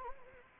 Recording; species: mosquito wingbeat signal from an infrared sensor; Anopheles gambiae